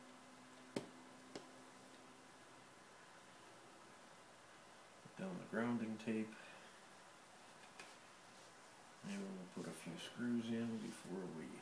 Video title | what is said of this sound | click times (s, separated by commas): Screen Replacement Nexus 7 2nd Gen 2013 HD | should be able to actually hear it snap into place down | 0.8 s, 1.4 s